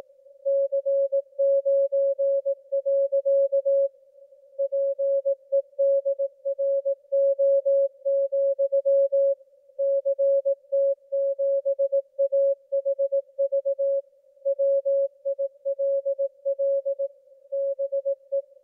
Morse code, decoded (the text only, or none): C9. PEDRO, CT7AHV WILL BE